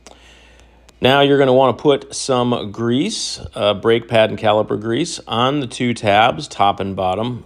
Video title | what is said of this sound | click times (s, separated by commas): Front Brake Pads and Brake Pad Wear Sensor Replacement - MINI | and you'll hear it click into place | 0.1 s